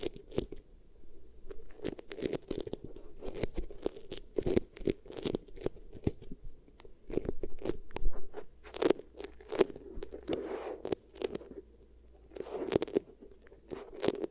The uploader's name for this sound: Beeswax Ear Triggers